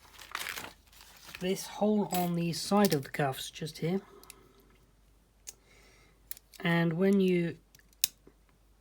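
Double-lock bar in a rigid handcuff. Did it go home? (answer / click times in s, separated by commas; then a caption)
yes / 8.0 s. A pointed tool is poked into the side hole of steel rigid handcuffs to set the double-lock bar while someone talks, with faint crinkling and small ticks in between. A sharp, loud click at 8.0 s marks the double lock engaging and seating.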